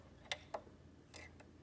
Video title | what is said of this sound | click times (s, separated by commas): All About Machines: Intro To Your Home Sewing Machine | Hold the thread with your right hand and swing it until you hear the click. | 0.3 s